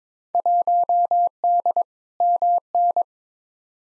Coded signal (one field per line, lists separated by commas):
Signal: Morse code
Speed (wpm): 22 wpm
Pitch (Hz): 700 Hz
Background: none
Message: 1D MN